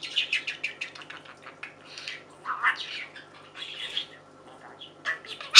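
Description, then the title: Budgerigar chattering in quick chirps and buzzy warbles, ending with a sudden loud squawk. "Budgie Sounds"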